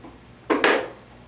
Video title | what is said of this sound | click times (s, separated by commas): Prestan Ultralite CPR Manikins - CPR Savers | what you do is slide the two notches into the two grooves on the back of the head. They snap right in and | 0.5 s, 0.6 s